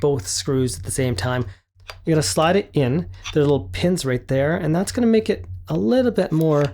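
A SmallRig 5227 V-mount battery plate, a metal mount plate, is slid onto a camera cage and worked toward the cage's small locating pins. Someone talks throughout, with faint handling and tapping noises underneath. The plate has not seated or clicked onto the pins yet.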